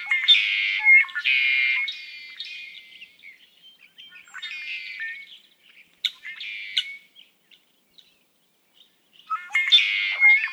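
Red-winged blackbird singing repeatedly: clipped introductory notes followed by rasping buzzy trills, several songs separated by short silences.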